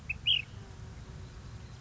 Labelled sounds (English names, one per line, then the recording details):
Ash-throated Flycatcher
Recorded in Sonoma County, California